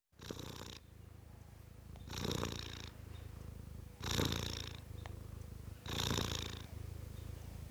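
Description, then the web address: Cat purring: a steady low rumble that swells with each slow breath, roughly every two seconds, with a breathy hiss on each surge. Tom cat, purring. "BBC Sound Effects Library. Tom Cat, Purring"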